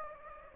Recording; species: mosquito wingbeat signal from an infrared sensor; Anopheles gambiae